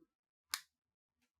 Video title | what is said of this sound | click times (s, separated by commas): Action figure review - Megatron (Beast) - Transformers Kingdom War for Cybertron | then flip megatron's head until you hear the snap so | 0.5 s